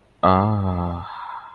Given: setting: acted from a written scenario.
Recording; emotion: vocal sound without words; contentment